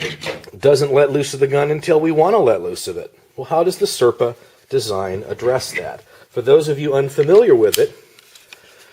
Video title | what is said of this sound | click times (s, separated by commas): Blackhawk Serpa2: Holster of Death!?!? | the Serpa locks into place and it's not going anywhere | 8.5 s